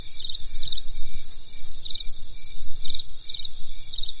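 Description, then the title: Insect chirping, sparse pulsed chirps at irregular intervals, over a steady high insect hum and low rumble. Insects calling on a winter night in the countryside. "There was a crisp sound of insects in the winter night."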